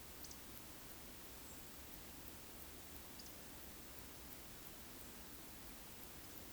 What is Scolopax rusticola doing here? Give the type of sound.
whistle